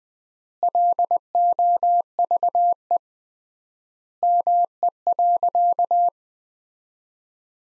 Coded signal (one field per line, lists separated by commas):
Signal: Morse code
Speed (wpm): 20 wpm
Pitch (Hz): 700 Hz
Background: none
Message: LOVE ME.